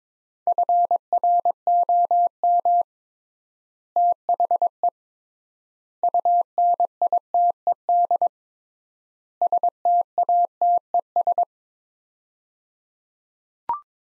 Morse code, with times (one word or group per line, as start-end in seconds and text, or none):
0.5-2.8 FROM
4.0-4.9 THE
6.0-8.3 UNITED
9.4-11.4 STATES